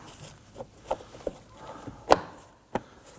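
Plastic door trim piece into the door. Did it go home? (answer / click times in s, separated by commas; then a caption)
no / none. A plastic door trim piece is handled against the door of a 2015-2024 Nissan Murano, producing a series of short knocks and taps at about 0.6, 0.9, 1.3, 2.1 and 2.8 seconds, the loudest near 2.1 seconds. Nothing has seated or clicked into place yet.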